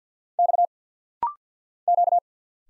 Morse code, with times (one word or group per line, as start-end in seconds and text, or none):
0.4-0.7 X
1.9-2.2 Q